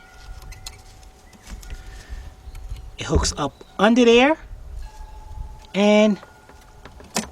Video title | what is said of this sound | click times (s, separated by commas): Cadillac Deville Eldorado SRX STS XLR Oldsmobile Aurora Pontic Bonneville Starter Replacement | snap it into place all right let's get this one done and we'll be right back | 7.2 s